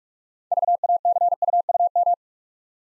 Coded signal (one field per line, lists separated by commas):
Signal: Morse code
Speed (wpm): 44 wpm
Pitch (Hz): 700 Hz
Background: none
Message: VACUUM